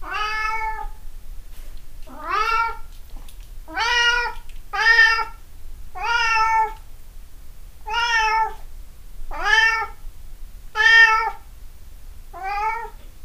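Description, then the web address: Cat giving repeated rising-then-falling meows, about nine in thirteen seconds, each clear and fairly loud, with quiet low hum between them. Recorded 26 April 2008. "cat cat 20080426"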